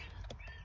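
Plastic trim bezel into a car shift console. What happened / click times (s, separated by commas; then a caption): The plastic trim piece snapped into place / 0.3 s. A plastic interior trim bezel is pressed into the red-stitched CVT shift console of a 2015+ Subaru WRX with a manual transmission. It snaps into place with a short, sharp click at 0.3 s over a low background hum. The bezel seats in the console.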